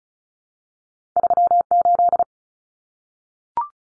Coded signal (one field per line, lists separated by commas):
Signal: Morse code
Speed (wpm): 34 wpm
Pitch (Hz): 700 Hz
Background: none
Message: 38